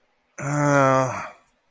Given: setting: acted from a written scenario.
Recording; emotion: vocal sound without words; guilt